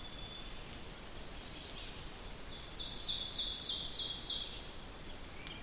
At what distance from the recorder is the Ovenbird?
about 35 m